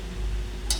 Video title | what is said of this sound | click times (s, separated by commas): how to unboxing . assembling ryzen 5 8gb ram 250gb ssd | Ah okay naman na pantay na. Aun lang pala 'yung click. So okay na. | 0.7 s